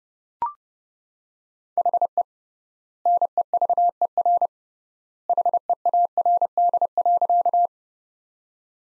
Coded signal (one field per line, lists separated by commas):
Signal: Morse code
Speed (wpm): 32 wpm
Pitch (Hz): 700 Hz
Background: none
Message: HE NEVER HEARD.